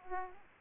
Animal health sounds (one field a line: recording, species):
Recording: mosquito wingbeat signal from an infrared sensor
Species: Aedes aegypti